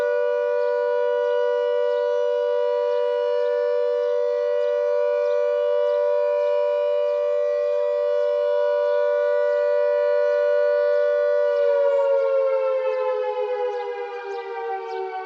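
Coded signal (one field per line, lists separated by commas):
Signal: siren signal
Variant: air raid siren All Clear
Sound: loud steady siren wail on one pitch, then starting to slide down as it winds down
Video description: The last ever "All Clear" signal on the Isle of Man air raid siren network to mark the 75th anniversary of VE Day.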